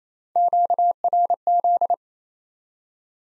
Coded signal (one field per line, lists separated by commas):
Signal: Morse code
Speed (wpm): 28 wpm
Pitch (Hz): 700 Hz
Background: none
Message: QRZ